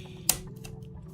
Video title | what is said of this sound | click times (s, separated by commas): 3D PRINTED X-WING ready for takeoff! | Click. You heard the click. | 0.3 s